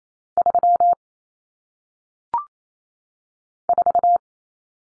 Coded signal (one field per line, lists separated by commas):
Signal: Morse code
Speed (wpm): 28 wpm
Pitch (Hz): 700 Hz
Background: none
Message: 3 4